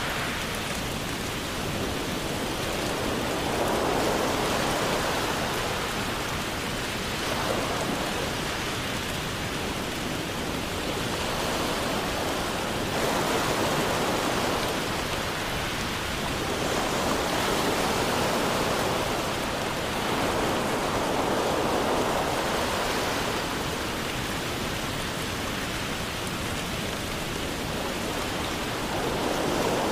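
Rain and ocean waves make a steady, dense hiss, with soft swells rising and falling roughly every four to five seconds.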